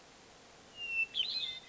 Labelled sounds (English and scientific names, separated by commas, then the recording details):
Hermit Thrush (Catharus guttatus)
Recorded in Sonoma County, California